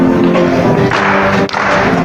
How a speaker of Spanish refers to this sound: Pero las palmas con ustedes.